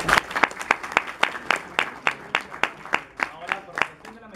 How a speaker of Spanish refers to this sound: Por favor, también lo agradecemos con fuertes aplausos.